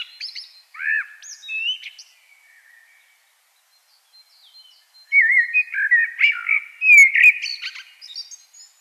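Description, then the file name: Common blackbird song: a short warble ending in high squeaks, a pause, then a longer mellow warbling phrase rising into a scratchy twitter. "Turdus merula"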